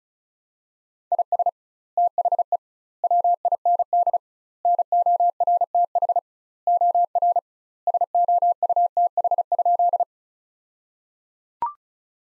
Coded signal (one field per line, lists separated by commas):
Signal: Morse code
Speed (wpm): 36 wpm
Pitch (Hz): 700 Hz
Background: none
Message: IS THE WIND NORTH OR SOUTH?